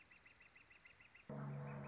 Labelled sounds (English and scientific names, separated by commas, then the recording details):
Northern Flicker (Colaptes auratus)
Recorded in Sonoma County, California